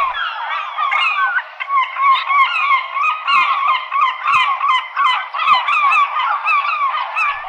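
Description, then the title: Herring gull calls rise from a busy flock: harsh, yelping, bending squeals tumble over one another at a rapid, uneven pace, with no quiet gaps. "Vogelder Woche 2011 03 07 Silbermoewe"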